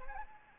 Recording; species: mosquito wingbeat signal from an infrared sensor; Anopheles arabiensis